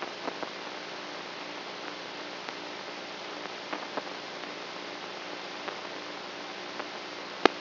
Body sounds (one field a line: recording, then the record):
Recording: brain microelectrode recording played as sound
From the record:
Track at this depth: inside the subthalamic nucleus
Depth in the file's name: 3.002 mm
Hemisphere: right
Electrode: 3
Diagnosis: Parkinson's disease